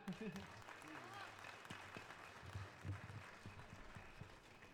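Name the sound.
audience applause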